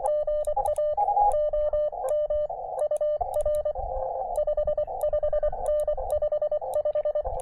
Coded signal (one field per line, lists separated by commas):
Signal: Morse code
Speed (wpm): 24 wpm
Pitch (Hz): 600 Hz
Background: radio noise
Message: GA OM UR 55N 55